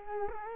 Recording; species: mosquito wingbeat signal from an infrared sensor; Culex quinquefasciatus